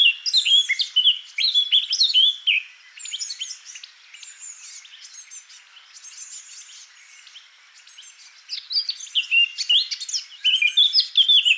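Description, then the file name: Eurasian blackcap song: bursts of fast scratchy warbling mixed with clear descending whistles, a quieter stretch of soft chatter in the middle, then loud warbling again. "Sylvia atricapilla"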